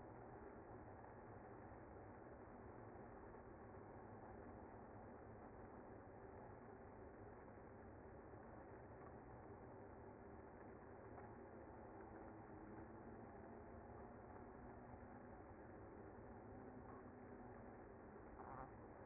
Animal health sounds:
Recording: honeybee colony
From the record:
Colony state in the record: active

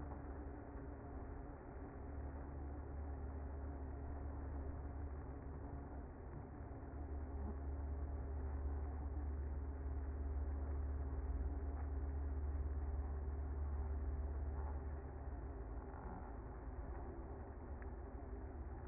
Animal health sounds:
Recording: honeybee colony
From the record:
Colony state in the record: active

